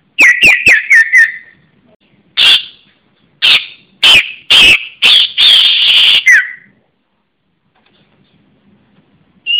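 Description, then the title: Java sparrow song: a quick run of sharp, high chirps, then several longer buzzy notes, and a short downslurred call. "kicau gelatik"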